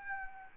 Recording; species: mosquito wingbeat signal from an infrared sensor; Aedes albopictus